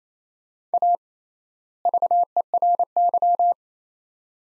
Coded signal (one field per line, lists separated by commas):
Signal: Morse code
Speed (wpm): 28 wpm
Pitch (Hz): 700 Hz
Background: none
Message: A VERY